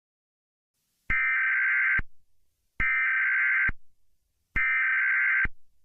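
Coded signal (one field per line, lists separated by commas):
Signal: Emergency Alert System (SAME) tones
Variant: header bursts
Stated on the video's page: Fictional EAS scenario.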